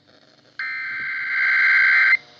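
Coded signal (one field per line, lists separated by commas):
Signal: Emergency Alert System (SAME) tones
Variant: header bursts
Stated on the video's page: Amber Alert EAS captured from a South Carolina FM broadcast station on 96.9 MHz.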